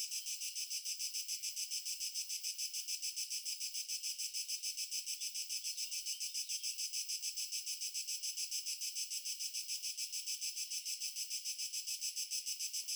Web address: Stefano Cremona - Pure Nature Ambiences Crickets